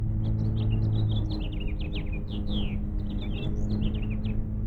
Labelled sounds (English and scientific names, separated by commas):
House Finch (Haemorhous mexicanus) song